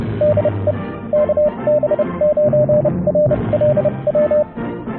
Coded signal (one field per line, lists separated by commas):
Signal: Morse code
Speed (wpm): 30 wpm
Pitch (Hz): 600 Hz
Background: none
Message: DE KB9RLW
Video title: Ham Radio - My portable RV antenna farm.